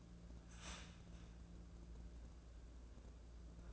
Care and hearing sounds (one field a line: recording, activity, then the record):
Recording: daily activity, microphone in the room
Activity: start toaster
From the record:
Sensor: 2